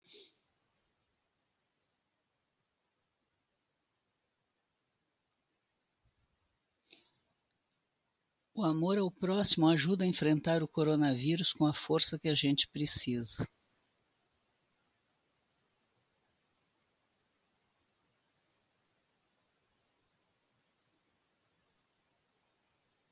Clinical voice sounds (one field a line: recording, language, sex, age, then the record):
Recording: spoken sentence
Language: Brazilian Portuguese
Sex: female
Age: 70 to 79 years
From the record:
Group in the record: control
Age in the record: 74 years